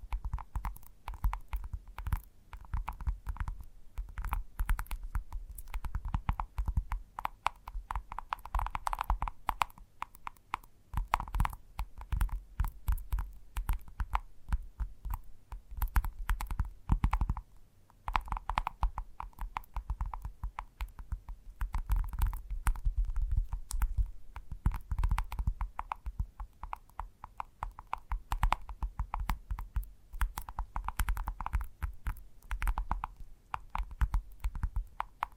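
Gentle tapping goes on without pause for the whole clip, a dense, quick patter of soft knocks with a dull low thump under each one. The rhythm stays uneven and busy, easing off briefly around the 11 and 18 second marks before picking up again.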